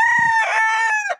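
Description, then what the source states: Chicken: rooster crowing, a single sustained harmonic crow with a rough middle stretch and a brief break before it trails off. Domestic rooster crowing on a farm.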